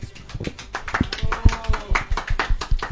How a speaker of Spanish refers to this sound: Damas y caballeros, un aplauso, por favor